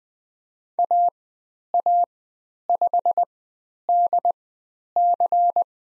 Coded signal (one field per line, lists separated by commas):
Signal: Morse code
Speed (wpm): 20 wpm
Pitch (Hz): 700 Hz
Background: none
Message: AA5DC